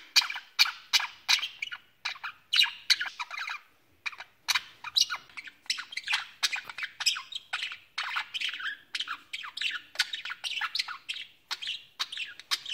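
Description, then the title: Budgerigar chattering almost nonstop, a dense stream of harsh chirps, squeaks and warbles with a brief break near four seconds. "Budgie Sounds"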